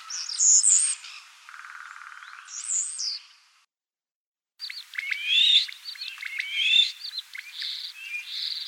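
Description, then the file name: Common starling song: whistled squeals and a low buzzy rattle, a brief silence, then a renewed run of varied whistles and clicks. "Skvorec obyknovennyj Sturnus vulgaris - (Zvyki com)"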